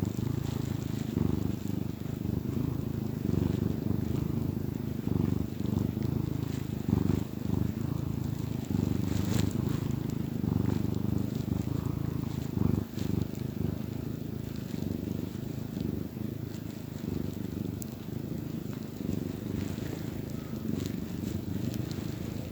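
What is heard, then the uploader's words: A cat purrs steadily throughout, a low, rumbling drone that stays dense and even with a gentle rhythmic pulse of breaths in and out. A few faint clicks and brief brighter ticks pop up now and then, around nine and thirteen seconds. Happy cat purrs.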